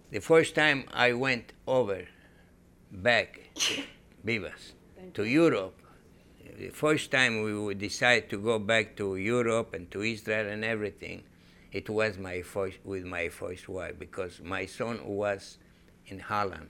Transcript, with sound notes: the first time I went over, back... (sneezes) Vivas. To Europe, the first time we decided to go back to Europe and to Israel and everything, it was my first, with my first wife, because my son was in Holland.